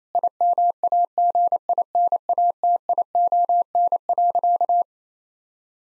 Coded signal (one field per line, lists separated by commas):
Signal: Morse code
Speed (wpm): 28 wpm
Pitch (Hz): 700 Hz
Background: none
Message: IMAGINATION.